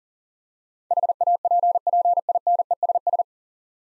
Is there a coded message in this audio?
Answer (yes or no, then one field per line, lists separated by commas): yes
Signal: Morse code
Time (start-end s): 0.9-3.2 s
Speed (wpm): 40 wpm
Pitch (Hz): 700 Hz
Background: none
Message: HAPPINESS